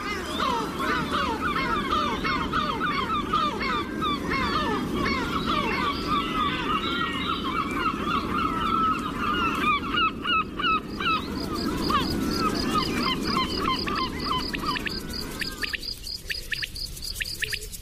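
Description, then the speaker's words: Gull calls from a dense, noisy flock: many overlapping harsh squabbling cries throughout, with a rapid ticking series later on. Gulls squabbling along the Costa da Morte, recorded in an earlier spring. "Así imagino que ahora mismo las gaviotas andarán con sus pendencias por toda Acosta da Morte."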